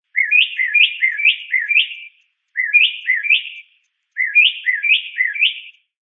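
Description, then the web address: Mockingbird: three runs of short upslurred chirps, each run holding a few notes, separated by brief silences against a clean, quiet background. "SFXSource. Mocking Bird Call 5"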